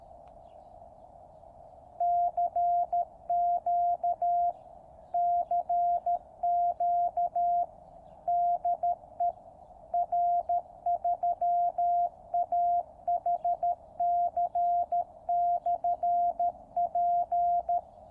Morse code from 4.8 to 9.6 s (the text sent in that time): CQ DE